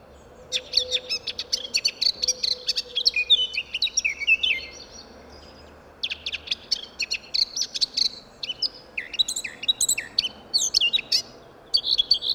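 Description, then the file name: Eurasian blackcap warbling in hurried scratchy bursts with brief pauses, against a background of broad noise and low hum. "Sylvia atricapilla"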